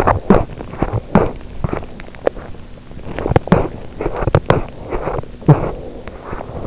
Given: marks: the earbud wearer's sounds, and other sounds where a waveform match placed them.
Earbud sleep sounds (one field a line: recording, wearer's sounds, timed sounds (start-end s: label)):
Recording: sounds in sleep by an in-ear microphone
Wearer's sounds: teeth grinding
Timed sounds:
0.25-6.67 s: teeth grinding